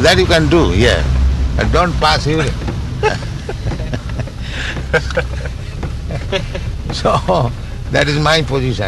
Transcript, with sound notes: That you can do here, but don't pass urine." [laughs] So that is my position.